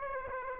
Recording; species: mosquito wingbeat signal from an infrared sensor; Aedes aegypti